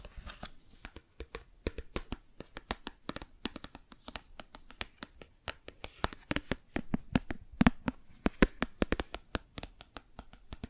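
Plastic objects are tapped and scratched in a quick, irregular run of sharp clicks and clacks, several every second across the whole stretch. The hits vary in loudness, with a brief scraping rustle at the very start and a few harder knocks near the end.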